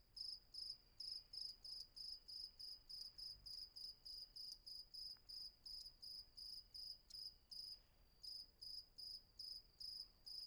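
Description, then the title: Cricket chirping, steady high-pitched pulsed chirps repeating about three times a second, with a few brief gaps, over quiet background hiss. Night ambience at Vagia on Patmos, Greece; recorded with a Fostex FR-2 and MKH800 microphone. "Patmos, Vagia, Griechenland - Nachtsimmung 03, Grillen"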